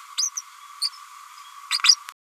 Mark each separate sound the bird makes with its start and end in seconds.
0.17-0.30, 0.35-0.41, 0.81-0.90